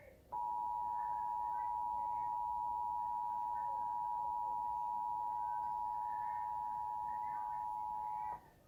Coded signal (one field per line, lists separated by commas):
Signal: Emergency Alert System (SAME) tones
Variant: 853 and 960 Hz attention tone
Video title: EAS #72: Required Monthly Test - Indiana (1/17/2019) (WISH-TV)